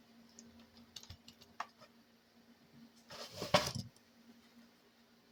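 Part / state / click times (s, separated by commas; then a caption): plastic gear cover onto RC truck chassis / not seated / none. During a slipper clutch and spur gear replacement on a Traxxas Slash 4x4 RC truck, a plastic gear cover is wiggled into position on the chassis, making a series of small light clicks and taps between about 0.4 and 1.9 s. A louder, rustling, scraping burst follows from about 3.1 to 3.9 s. The cover has not yet seated or clicked into place when the clip ends.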